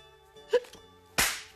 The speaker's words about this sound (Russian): Она подходит к нему с белой сумочкой на плече, злобно смотрит и отвешивает пощечину.